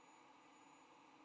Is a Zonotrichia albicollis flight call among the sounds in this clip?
no